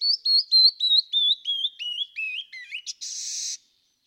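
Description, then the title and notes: Canyon wren song: a rapid cascade of clear, slurred whistles stepping steadily down in pitch, ending in a brief harsh buzzy burst. "Canyon Wren. Macaulay Library at Cornell Lab of Ornithology"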